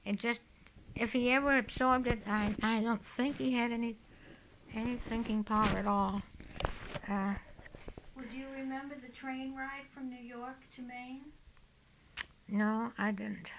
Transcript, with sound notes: It just, if he ever absorbed it, I, I don't think he had any, any thinking power at all. (she jostles her mic)
Well, do you remember the train from New York to Maine?
No, I didn't.